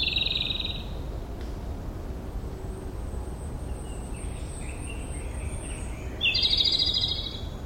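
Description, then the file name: Japanese robin singing a rapid, rattling high trill at the start and again near the end, with a thin, level high note in the middle and soft background noise. Song heard on 16 April 2012. "Japanese Robin 20120416"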